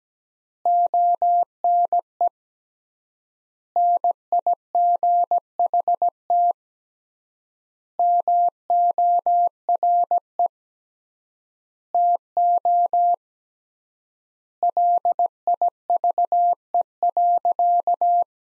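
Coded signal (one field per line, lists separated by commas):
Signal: Morse code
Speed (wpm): 17 wpm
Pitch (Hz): 700 Hz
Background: none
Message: ONE NIGHT MORE TO LIVE.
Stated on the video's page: Practice sentences from the top 300 words at 17 wpm with 3x standard word spacing, analogous to the Farnsworth method.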